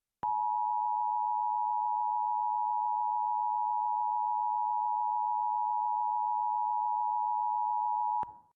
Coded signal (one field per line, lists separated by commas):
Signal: Emergency Alert System (SAME) tones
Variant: 853 and 960 Hz attention tone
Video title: EAS New Year’s Story: Signal From The Ball - Redone